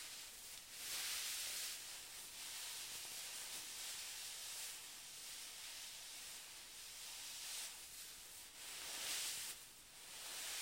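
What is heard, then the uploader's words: Waves wash onto a beach at night in a steady, hissing rush of foam, bright and dense with little low rumble. Surges swell around the start, near eight seconds and again just after nine, each easing back into a continuous wash. Relaxing night on the beach ASMR. A night on the beach with a nice waves.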